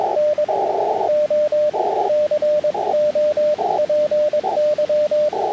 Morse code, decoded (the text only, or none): NO COPY